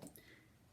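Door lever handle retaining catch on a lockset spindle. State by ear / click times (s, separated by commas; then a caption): released / 0.2 s. A pin tool is pushed into the hole in the neck of a door lever handle to press down the spring-loaded retaining catch on a lockset spindle. A faint tick comes first, then a small, quiet click at 0.2 s as the catch lets go. The catch is released, so the lever can now be worked off the spindle.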